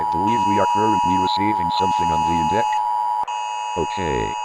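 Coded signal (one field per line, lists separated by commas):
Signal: Emergency Alert System (SAME) tones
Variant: 853 and 960 Hz attention tone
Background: speech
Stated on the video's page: Fictional EAS scenario.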